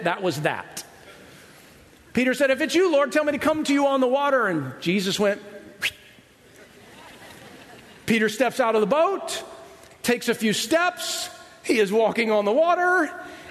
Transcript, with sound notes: That was that. Peter said, "If it's you, Lord, tell me to come to you on the water," and Jesus went (whistle). Peter steps out of the boat, takes a few steps. He's walking on the water